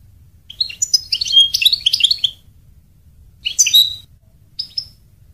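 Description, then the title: European goldfinch song in two bright, twittering bursts of quick tinkling notes, then a short separate phrase; otherwise quiet with faint low hum. "Chant Chardonneret"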